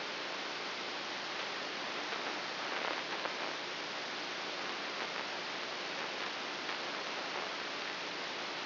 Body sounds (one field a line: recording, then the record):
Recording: brain microelectrode recording played as sound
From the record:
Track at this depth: inside the subthalamic nucleus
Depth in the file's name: 2.004 mm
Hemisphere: right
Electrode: 3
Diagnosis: Parkinson's disease